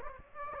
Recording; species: mosquito wingbeat signal from an infrared sensor; Aedes aegypti